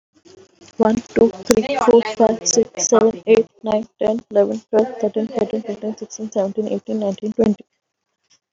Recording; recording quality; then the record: counting at a fast pace; excellent, no background noise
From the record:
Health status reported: healthy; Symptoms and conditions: fever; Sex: female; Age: 22 years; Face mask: worn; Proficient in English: yes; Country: India